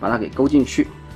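Someone talks while the plastic panel tabs of a Transformers Generations GDO Powerdive transforming toy are pressed and hooked into the toy body. The clip ends while the panels are still being handled, and nothing has seated or clicked yet.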